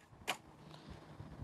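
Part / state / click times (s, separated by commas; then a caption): head immobilizer side block into the head-immobilizer base plate on a spineboard / seated / 0.3 s. During a spinal immobilisation demonstration, a foam side block of a head immobilizer is pressed onto the plastic base plate on a spineboard. A sharp, bright click rings out at 0.3 s as the side block clicks into place, followed by a much fainter tick around 0.7 s over a low background rumble. The side block is seated in the base.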